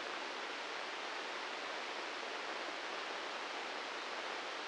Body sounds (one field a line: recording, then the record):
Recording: brain microelectrode recording played as sound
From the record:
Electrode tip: inside the subthalamic nucleus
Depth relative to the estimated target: 3 mm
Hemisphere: left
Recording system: NeuroSet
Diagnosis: Parkinson's disease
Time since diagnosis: 15 years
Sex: male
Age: 65 years